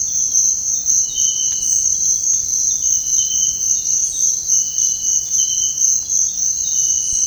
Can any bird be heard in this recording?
no